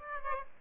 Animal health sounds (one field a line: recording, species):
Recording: mosquito wingbeat signal from an infrared sensor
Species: Aedes albopictus